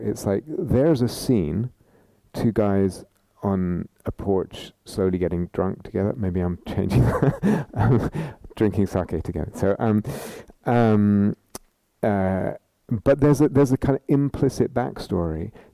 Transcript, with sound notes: It's like, there's a scene -- two guys on a porch, slowly getting drunk together. Maybe I'm changing that. [laughs] Drinking saké together. But there's a kind of implicit backstory.